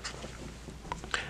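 A thumb pushes under the bottom of a plastic drain dosing unit to release its retaining clip from a wall-mounted bracket. After a quiet stretch of faint rustling, sharp clicks sound at 0.9 s and 1.1 s as the clip lets go, with a softer tick between them. The clip is released from the bracket.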